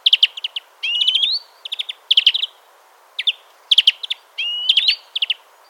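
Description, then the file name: European greenfinch twittering in quick bursts of chipping notes, broken by rising nasal wheezes that slide upward, repeated throughout with short pauses between phrases. "Chloris chloris"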